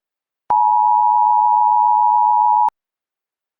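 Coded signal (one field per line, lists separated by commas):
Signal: Emergency Alert System (SAME) tones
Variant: 853 and 960 Hz attention tone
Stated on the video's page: Fictional EAS scenario; tones deliberately invalid, out of sequence, frequency and duration of real SAME tones.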